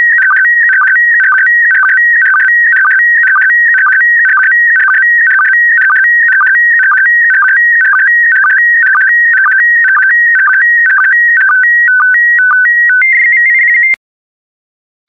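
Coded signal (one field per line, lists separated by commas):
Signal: SSTV (slow-scan television)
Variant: PD120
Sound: warbling electronic tone stepping between pitches, with short low chirps every half second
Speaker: complete. You can now check your decoded image against the picture that is shown on the video.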